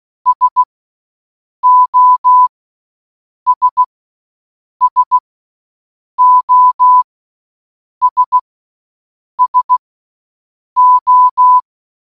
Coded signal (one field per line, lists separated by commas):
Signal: Morse code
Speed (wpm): 16 wpm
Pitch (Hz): 1000 Hz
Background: none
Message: SOS SOS SO